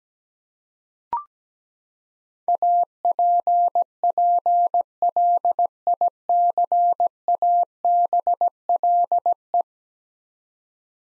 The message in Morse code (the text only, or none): APPLICABLE